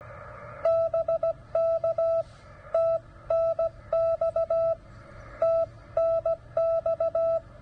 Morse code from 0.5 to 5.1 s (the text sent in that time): BK TNX